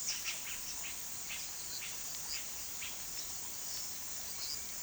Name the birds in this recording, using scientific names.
Cacicus cela